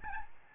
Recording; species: mosquito wingbeat signal from an infrared sensor; Aedes albopictus